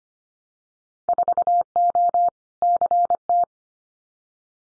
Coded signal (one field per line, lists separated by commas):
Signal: Morse code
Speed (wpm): 25 wpm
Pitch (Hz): 700 Hz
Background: none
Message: 4O CT